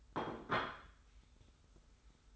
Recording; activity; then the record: daily activity, microphone in the room; place plate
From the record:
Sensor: 3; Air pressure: 990.8 hPa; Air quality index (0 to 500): 144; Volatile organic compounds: 346 ppm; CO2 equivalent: 4577 ppm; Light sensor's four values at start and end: 37/88/36/34 and 37/89/36/34